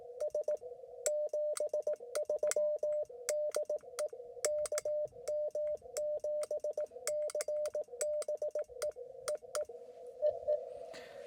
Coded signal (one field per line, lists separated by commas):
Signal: Morse code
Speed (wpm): 18 wpm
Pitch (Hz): 600 Hz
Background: radio noise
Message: S 73DE KM7CBE EE EE